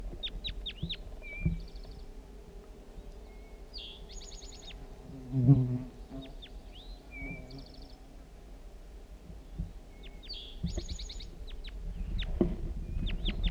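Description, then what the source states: Crossbill flight calls: short, sharp downward chips in short bursts scattered throughout, with buzzy notes, thin whistles and a low rumble. Female that sat atop a lone pitch pine, recorded in flight; morning, about 10 a.m.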